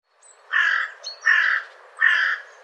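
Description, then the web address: Bird calls: three harsh, cawing notes, each about a third of a second, spaced roughly three quarters of a second apart. "cianscape birddata"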